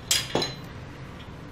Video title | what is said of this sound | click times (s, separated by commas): Review of etrailer E Track - E-Track Rails 4 Pack - e42VR | just pull down on that stick it up in there let it go and it locks into place | 0.1 s